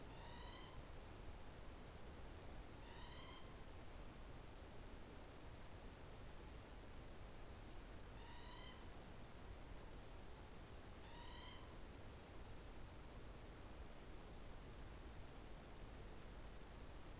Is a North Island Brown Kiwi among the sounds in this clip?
no